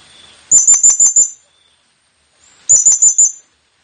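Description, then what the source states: Blue-crowned hanging parrot: two quick strings of four to five shrill, high-pitched chirping notes, about two seconds apart. Presented as an effective lure call for attracting the bird; local name serindit.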